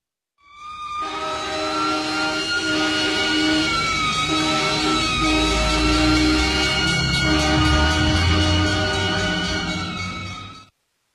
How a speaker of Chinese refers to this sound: 胡同口突然传来一串刺耳的警笛声，辉姐又一哆嗦，突然想起前几天的梦境，赶忙向着马路上张望，是三辆救火车风驰电掣般的呼啸而去。